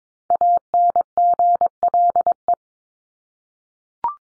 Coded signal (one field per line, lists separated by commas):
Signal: Morse code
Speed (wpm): 22 wpm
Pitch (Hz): 700 Hz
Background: none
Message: ANGLE